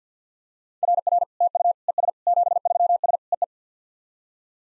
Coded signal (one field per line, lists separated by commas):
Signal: Morse code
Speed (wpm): 54 wpm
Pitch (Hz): 700 Hz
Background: none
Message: RR TU ES 73S EE